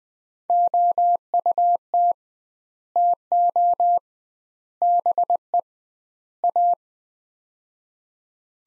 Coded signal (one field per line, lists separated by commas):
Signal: Morse code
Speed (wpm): 20 wpm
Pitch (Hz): 700 Hz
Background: none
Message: OUT TO BE A